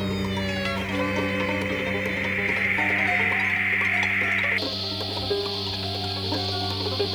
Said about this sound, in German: Dann mache ich mal jetzt die Töne, um die es geht, pulsierend. Hört es sich so ähnlich an wie das Rauschen? Ja, höher.